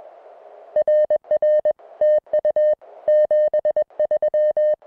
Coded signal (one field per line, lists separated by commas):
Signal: Morse code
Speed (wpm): 21 wpm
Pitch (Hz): 610 Hz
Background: music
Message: RR TU 73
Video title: Oat Mountain QSO Audio